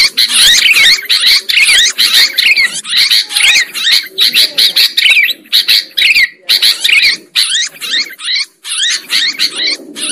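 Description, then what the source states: Sooty-headed bulbul chattering busily in quick slurred bursts, the runs separated by short silences toward the end. Bird lure recording.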